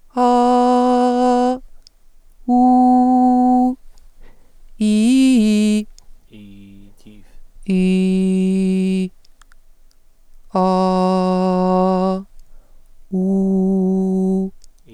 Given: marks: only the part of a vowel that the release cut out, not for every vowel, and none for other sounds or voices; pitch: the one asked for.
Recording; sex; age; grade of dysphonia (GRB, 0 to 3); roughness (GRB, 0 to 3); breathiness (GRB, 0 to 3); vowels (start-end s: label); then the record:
sustained vowels; female; 30 to 39 years; 0; 0; 0
0.33-1.45 s: vowel /a/, high pitch
2.59-3.64 s: vowel /u/, high pitch
7.84-9.00 s: vowel /i/, low pitch
10.77-11.98 s: vowel /a/, low pitch
13.24-14.38 s: vowel /u/, low pitch
From the record:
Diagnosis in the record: healthy voice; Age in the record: 39 years